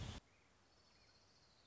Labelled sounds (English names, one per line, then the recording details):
Orange-crowned Warbler
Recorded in Sonoma County, California